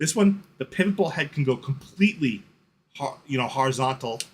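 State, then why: Not seated. A built-in pivot ball head on a tripod stick is being handled and swung toward horizontal while someone talks throughout. Nothing has seated or clicked yet.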